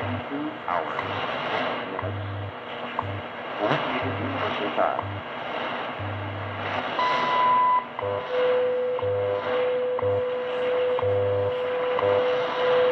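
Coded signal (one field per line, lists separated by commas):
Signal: radio time signal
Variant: WWV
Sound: noisy shortwave with a tick each second, low buzzing pulses, then a steady mid tone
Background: radio static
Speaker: a good signal tonight from WWV and Boulder Colorado on ten megahertz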